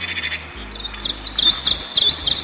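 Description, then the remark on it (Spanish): Recorded birdsong plays back from an old cassette: high, thin chirps and warbling trills repeat in quick bursts over a steady low tape hum, with no voices. “Ya los únicos pájaros que puedo oír cantar son los que grabé con mi viejo cassette.”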